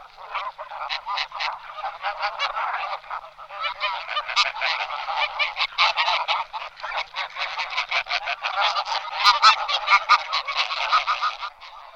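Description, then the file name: Greylag goose calls, a rapid series of many harsh nasal honks. "husa-velká"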